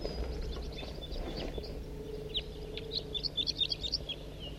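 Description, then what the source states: Red Crossbill flock flight calls, many short chip notes, thickest near the end, over low rumbling background noise. A whole flock of wild crossbills flying over, calling in flight.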